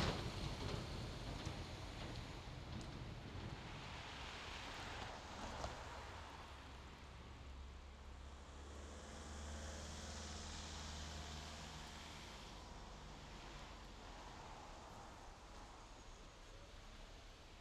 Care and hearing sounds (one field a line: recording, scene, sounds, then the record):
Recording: everyday scene through a hearing-aid microphone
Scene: in traffic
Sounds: traffic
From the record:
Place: main road on the outskirts, rush hour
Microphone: in the ear canal, left